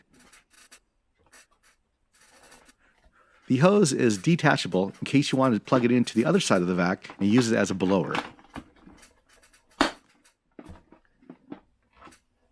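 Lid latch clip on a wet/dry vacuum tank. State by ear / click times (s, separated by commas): seated / 9.8 s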